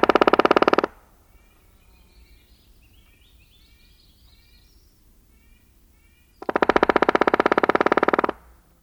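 Black-backed woodpecker drumming: a loud, rapid roll of knocks, a pause with faint high chirps, then a longer, evenly paced drum roll.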